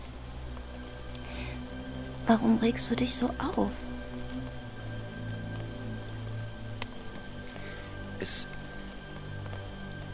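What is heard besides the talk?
rain falling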